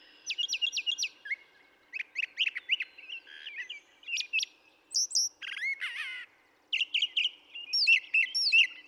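Brown thrasher song: groups of several crisp repeated notes, then new phrases including a harsh rasping burst, each phrase separated by short gaps.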